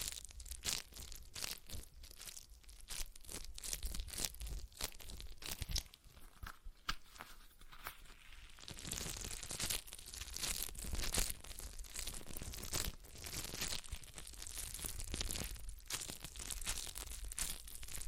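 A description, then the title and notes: A stress ball is squeezed and worked in dense, irregular crinkling and crunching bursts, getting louder and steadier after about eight seconds. ASMR Relaxing Stress Ball Sounds (No Talking).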